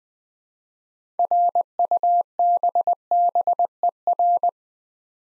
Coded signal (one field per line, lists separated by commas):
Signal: Morse code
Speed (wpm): 20 wpm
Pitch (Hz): 700 Hz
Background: none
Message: RUBBER